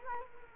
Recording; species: mosquito wingbeat signal from an infrared sensor; Culex quinquefasciatus